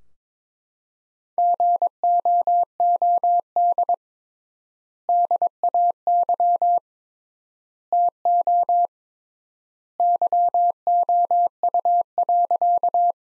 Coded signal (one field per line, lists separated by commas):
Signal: Morse code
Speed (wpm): 21 wpm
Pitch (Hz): 700 Hz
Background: none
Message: GOOD DAY TO YOU.